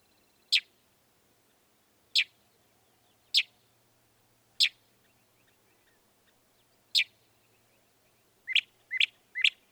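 Northern mockingbird song: sharp piercing single notes spaced a second or two apart, ending with three quick lower notes; faint background hiss.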